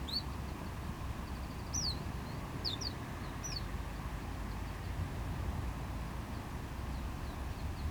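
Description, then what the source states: Small bird giving a handful of clear, slurred notes, mostly falling in pitch, set against a steady low rumble of surf and traffic. Small bird in a bush at GC-200, Agaete, Las Palmas, Spain; distant cars and waves; recorded with DPA-2006c AB pair into SD MixPre-3.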